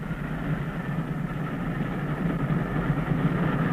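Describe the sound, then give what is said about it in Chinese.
A train rolls along the rails in a steady, continuous low rumble with a grainy hiss above it. The noise holds an even level throughout, and no one speaks. “麦肯齐上校从死者身上发现的一张到斯德哥尔摩的火车票断定，在逃的那个已经上了火车。”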